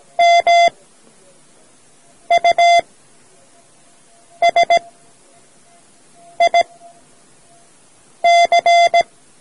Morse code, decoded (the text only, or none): MUSIC